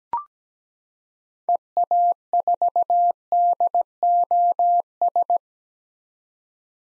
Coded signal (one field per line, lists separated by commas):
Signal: Morse code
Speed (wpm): 17 wpm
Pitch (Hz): 700 Hz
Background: none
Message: EA4DOS